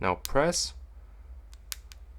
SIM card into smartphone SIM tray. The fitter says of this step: when it is inside you will hear the click sound and as you can see now it's inside